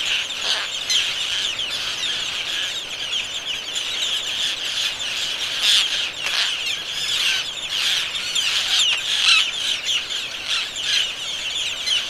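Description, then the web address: Roseate terns in a noisy calling mass, scratchy high-pitched cries overlapping continuously, punctuated by louder individual calls. Seabird recording of general vocalizations of roseate terns. "aves-marinhas garajaus garajau-rosado geral Vocalizacoes"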